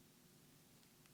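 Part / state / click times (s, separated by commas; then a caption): crimped metal pin into plastic servo connector housing / not seated / none. A crimped metal pin is handled at a plastic servo connector housing, sitting not yet underneath the housing clip. Steady broadband hiss with a low hum runs throughout, with one brief faint tick at 1.1 s. Nothing has seated or clicked yet.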